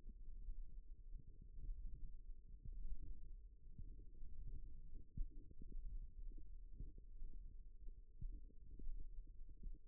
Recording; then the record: forearm muscle sounds (acoustic myography)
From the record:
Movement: thumb flexion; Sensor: system 1, eight BSWA MPA416 microphones around the upper forearm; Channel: 8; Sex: female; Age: 20 years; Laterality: right